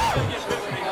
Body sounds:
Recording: coughing mixed with background sound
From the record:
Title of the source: Dry Coughing Fit in the Afternoon.

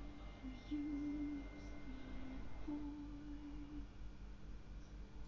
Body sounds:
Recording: background sound without coughing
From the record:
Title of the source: BackgroundMusic4

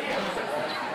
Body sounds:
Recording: coughing mixed with background sound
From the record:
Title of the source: Barking cough - # 10

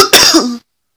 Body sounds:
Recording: coughing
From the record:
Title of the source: November cold (wet coughing)

